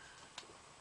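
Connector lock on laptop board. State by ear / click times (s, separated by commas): seated / 0.4 s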